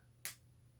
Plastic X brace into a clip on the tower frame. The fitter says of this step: Probably hear that clip. And clip it in the next clip.